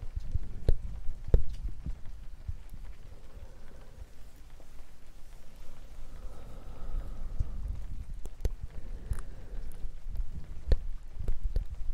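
Gentle, irregular tapping clicks scattered over a low, bassy rumble, with soft breathy murmurs surfacing around the middle and a quieter stretch near eight seconds.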